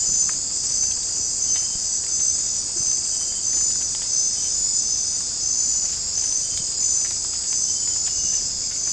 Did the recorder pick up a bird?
no